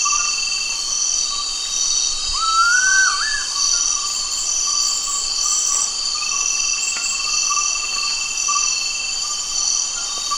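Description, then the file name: Gould's frogmouth calling once, a rising wavering whistle, while dense insect buzzing and a long high tone continue throughout. Recorded at Danum, Borneo, on 1 August 2009. "DANUM 20090801"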